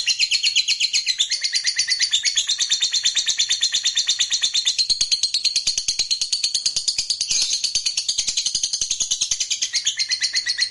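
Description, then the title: Lovebird song, a steady, rapid, shrill chattering trill running without a break, slightly shifting in tone throughout. "Suara Lovebird"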